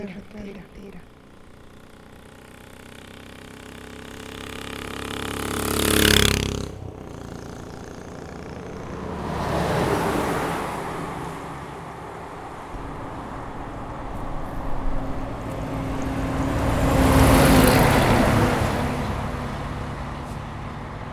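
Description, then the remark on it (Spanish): Road traffic on a road in the Chaco rolls past in a steady low rumble, with three vehicles swelling up loudly and fading away one after another, the first one sharp and quick, the last broad and long. “Carretera.”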